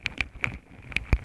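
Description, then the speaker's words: Ants making sharp popping clicks as they bite, five distinct pops in just over a second, the last one louder, over a faint rustling background. Hundreds of small black ants scurrying over contact microphones laid beside their nest; louder pops are mandibles biting and chewing the microphones. "That's what these louder popping noises are."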